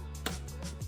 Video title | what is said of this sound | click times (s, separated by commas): BUILDING MY FIRST STREANING PC (no experience)!!!!!! | find the line it up, wait for that click, | 0.3 s